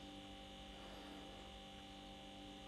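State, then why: Not seated. After the joint has been drilled, a plastic peg is pushed into the broken joint of a Gears of War Skorge action figure while a steady mains hum and faint rubbing fill the background. There is no sudden sound. The peg fails to pop into place and still doesn't fit, so nothing has seated or clicked yet.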